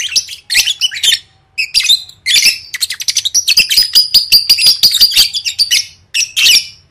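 Lovebird chatter: rapid, scratchy, high-pitched twitters in a long run, a thin sustained whistle threaded through the middle, ending in two harsh squawks.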